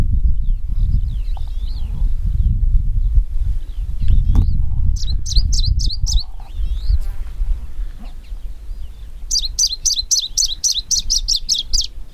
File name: warbler-smoky -Phylloscopus-fuligiventer